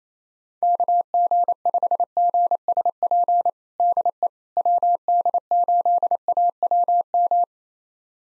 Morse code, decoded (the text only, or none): KG5GSP DE WD8AWM